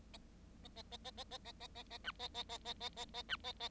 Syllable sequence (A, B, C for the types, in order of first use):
A A A A A A A A A A B A A A A A A A B A A